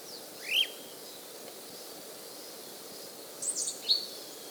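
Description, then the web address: Pale-eyed thrush giving a few brief, thin, high whistled notes: one sharp note early, then a short cluster of quick high notes near the end, over faint steady background hiss. South America. "Natures Songs S America Pale-Eyed Thrush"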